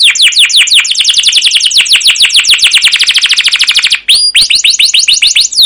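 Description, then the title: Canary singing a long, rapid rolling trill of quick downslurred notes, a short break, then upswept whistles and another fast trill. Canary song used as a lure (pancingan) to train other canaries; described as gacor, long, with cuit cuit notes and ngerol rolling phrases. "CUIT CUIT NGEROL LANGSUNG GACOR PANJANG Kenari Ini AMPUH Utk Pancingan KENAR Masteran Suara Burung Kenari Gacor Panjang cuit cuit Ngerol untuk Pancingan Kenari!"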